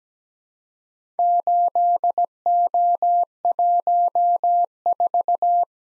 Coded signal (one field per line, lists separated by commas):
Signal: Morse code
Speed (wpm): 17 wpm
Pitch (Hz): 700 Hz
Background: none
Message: 8O14